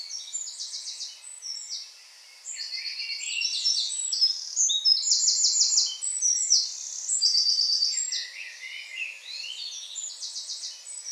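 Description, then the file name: Eurasian Wren in continuous high-pitched song, dense tumbling notes and repeated rattling trills over a faint background hiss. "Troglodytes troglodytes"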